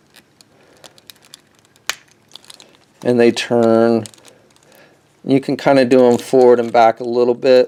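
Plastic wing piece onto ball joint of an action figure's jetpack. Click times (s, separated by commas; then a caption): 1.9 s. A plastic wing piece is pressed onto a ball joint on the back jetpack of a DC Collectibles 6-inch DC Comics Icons Deluxe Green Lantern action figure, with faint plastic handling ticks around it. It snaps into place with a sharp click at 1.9 s. Someone then talks.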